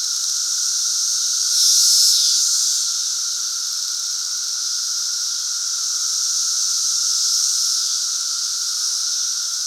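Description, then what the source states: Periodical cicadas chorusing as a steady shrill buzz, a short louder burst early on, then gentle waves in volume through the rest. Great Southern Brood emergence, 2024.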